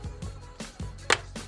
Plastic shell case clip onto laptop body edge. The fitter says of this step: is the last part we're gonna click so